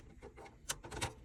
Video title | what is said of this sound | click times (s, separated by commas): How To Replace Your PC HDD Hard Drive In 3 Minutes! | There you go. You hear the click. | 0.7 s